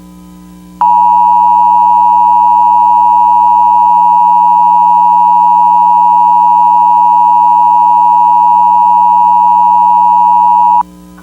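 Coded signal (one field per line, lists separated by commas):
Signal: Emergency Alert System (SAME) tones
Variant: 853 and 960 Hz attention tone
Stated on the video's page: Fictional EAS scenario, not a real alert.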